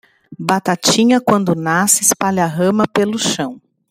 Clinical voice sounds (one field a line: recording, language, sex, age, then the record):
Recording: short text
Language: Brazilian Portuguese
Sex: female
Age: 40 to 49 years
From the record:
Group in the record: control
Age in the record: 42 years